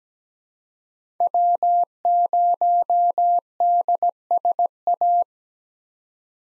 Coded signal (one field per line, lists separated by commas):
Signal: Morse code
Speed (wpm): 17 wpm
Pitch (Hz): 700 Hz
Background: none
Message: W0DSA